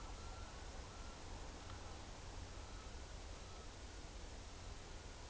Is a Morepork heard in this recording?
no